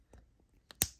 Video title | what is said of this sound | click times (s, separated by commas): Mafex Hush Batman Blue Medicom Toys Reissue Action Figure Review | yeah that pops off there it's kind of bent i hope they all are bent like that just | 0.8 s